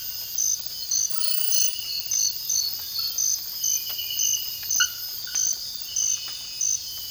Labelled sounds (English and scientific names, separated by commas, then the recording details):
none
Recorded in secondary vegetation near Puerto Asís, Putumayo, Colombia, on 19 February 2024 at 04:30
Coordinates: 0.481, -76.323
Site G6376